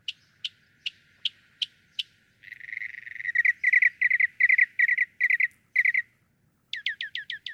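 Northern mockingbird song: several sharp spaced notes, then a dense buzzy rattling phrase, finishing with a quick run of high chips.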